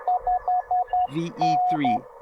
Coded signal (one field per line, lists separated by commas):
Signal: Morse code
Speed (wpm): 13 wpm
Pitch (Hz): 730 Hz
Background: speech, radio noise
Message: 5N